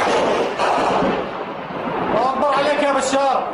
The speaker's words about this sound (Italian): È questo l'unico genere di documentazione audio-video che arriva dalla Siria in questi giorni. Video amatoriali di cori e spari.